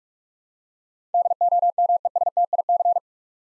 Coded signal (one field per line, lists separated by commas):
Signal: Morse code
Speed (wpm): 42 wpm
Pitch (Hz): 700 Hz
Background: none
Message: DOMESTIC